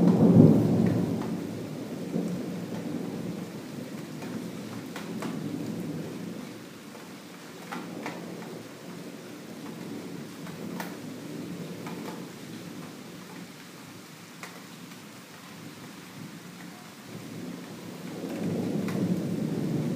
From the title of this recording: Thunder and rain in summer at Maybachufer